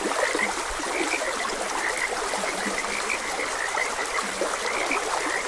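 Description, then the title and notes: Frogs calling with short repeated croaks, some higher and some low, while a stream flows steadily underneath. Frogs croaking beside a gentle stream. "Frogs Croaking. Sleep and Relaxation Podcast"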